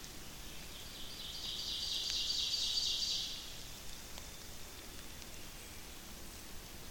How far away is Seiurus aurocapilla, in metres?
about 45 m